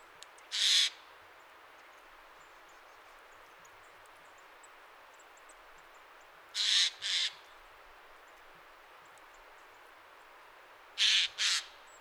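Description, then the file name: Eurasian jay with rasping screeches: a single harsh note, then two double screeches spaced several seconds apart, with steady low hiss between calls. "Garrulus glandarius"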